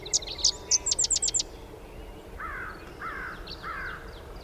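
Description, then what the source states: Sedge wren song: a string of sharp, high staccato chips speeding up, followed by three lower buzzy phrases over steady background hiss. Recorded 13 May 2001; three songs.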